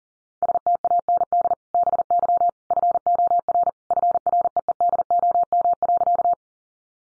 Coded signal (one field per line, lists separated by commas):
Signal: Morse code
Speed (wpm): 40 wpm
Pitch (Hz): 700 Hz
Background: none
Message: STAND BY FOR FREEDOM.